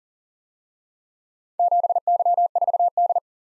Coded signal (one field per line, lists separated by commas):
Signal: Morse code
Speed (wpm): 38 wpm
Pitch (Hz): 700 Hz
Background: none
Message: 7Y4D